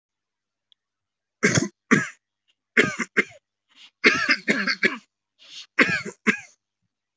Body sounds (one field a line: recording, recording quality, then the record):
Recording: heavy voluntary cough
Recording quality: moderate, slight background noise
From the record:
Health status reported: healthy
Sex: male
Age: 43 years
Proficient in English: no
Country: India